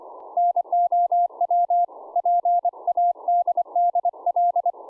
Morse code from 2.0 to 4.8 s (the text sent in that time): PADDL